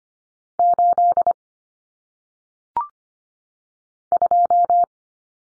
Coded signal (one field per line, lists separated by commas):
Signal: Morse code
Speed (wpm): 25 wpm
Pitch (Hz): 700 Hz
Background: none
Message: 8 2